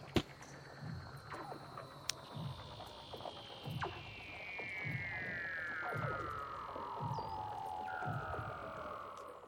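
Weddell seal call: one long whistled trill sliding steadily downward for several seconds, over soft rhythmic low thumps and scattered clicks.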